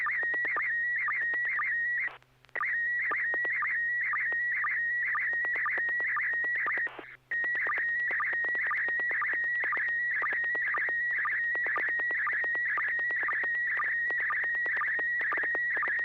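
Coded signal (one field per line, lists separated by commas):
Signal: SSTV (slow-scan television)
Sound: steady warbling high tone with short low blips about twice a second, crackly clicks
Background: FM radio crackle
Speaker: James, if you have a picture, do you want to go first, please?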